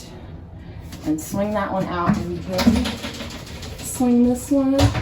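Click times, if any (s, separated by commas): none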